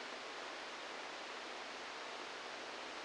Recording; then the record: brain microelectrode recording played as sound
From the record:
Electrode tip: inside the subthalamic nucleus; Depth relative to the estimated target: 1 mm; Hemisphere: right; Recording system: NeuroSet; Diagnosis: Parkinson's disease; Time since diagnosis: 10 years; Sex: male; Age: 63 years